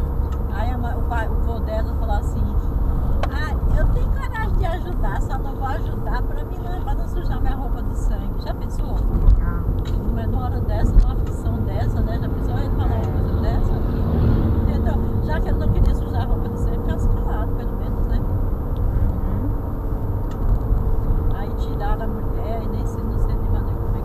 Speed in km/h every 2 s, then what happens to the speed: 79, 78, 77, 71, 70, 69, 72, 73, 76, 77, 79, 81.
0-11 slows to 69. 11-24 speeds up to 81.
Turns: none.